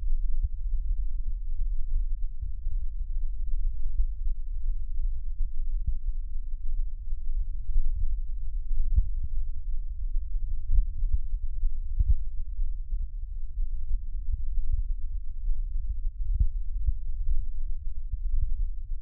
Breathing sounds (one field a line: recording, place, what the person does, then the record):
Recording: lung sounds by stethoscope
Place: left anterior apical chest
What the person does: quiet breathing, then deep breathing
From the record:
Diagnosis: interstitial lung disease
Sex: male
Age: 65 years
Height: 161 cm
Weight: 74.6 kg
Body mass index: 28.8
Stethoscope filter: bell mode